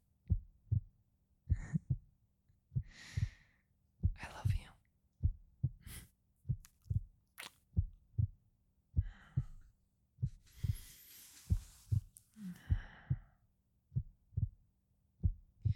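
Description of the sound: Soft, deep paired thumps repeat steadily, roughly 55 to 60 beats a minute, with brief whispery rustling and breath noise over the top. An adult woman's heartbeat heard close up at the chest in a quiet room.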